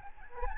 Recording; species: mosquito wingbeat signal from an infrared sensor; Aedes albopictus